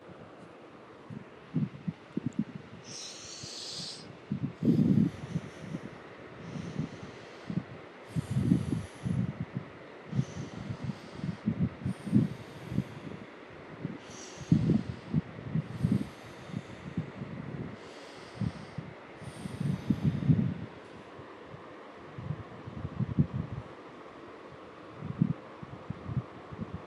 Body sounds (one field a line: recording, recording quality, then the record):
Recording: deep breathing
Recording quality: excellent, no background noise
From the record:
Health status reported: healthy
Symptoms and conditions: none ticked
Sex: female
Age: 49 years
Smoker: not ticked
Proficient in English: yes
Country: India